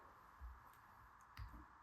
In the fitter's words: go in there you hear a little click